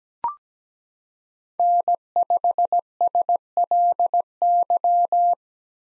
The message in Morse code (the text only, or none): N5SLY